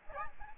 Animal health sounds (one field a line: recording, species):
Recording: mosquito wingbeat signal from an infrared sensor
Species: Aedes albopictus